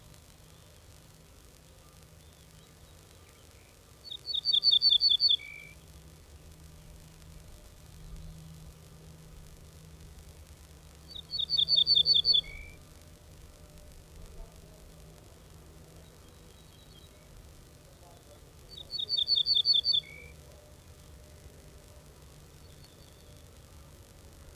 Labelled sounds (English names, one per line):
Ortolan Bunting song